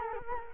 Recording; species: mosquito wingbeat signal from an infrared sensor; Culex quinquefasciatus